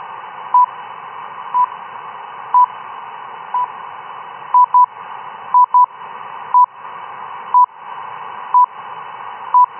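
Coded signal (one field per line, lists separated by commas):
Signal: radio time signal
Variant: RWM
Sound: short high beeps once per second, two seconds with quick double beeps, over hiss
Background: radio static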